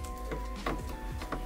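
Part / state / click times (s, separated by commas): massage chair wiring harness connector into its mating connector / not seated / none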